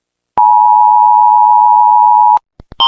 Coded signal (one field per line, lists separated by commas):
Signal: Emergency Alert System (SAME) tones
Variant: 853 and 960 Hz attention tone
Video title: Rating eas alarms part 1